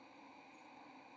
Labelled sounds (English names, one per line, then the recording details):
White-throated Sparrow flight call
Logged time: 04:43 on 1 November 2014